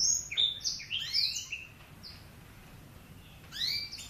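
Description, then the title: Oriental magpie-robin giving a short burst of sliding whistled notes, then near silence, then a brief rising phrase at the end. "Kicau Kacer"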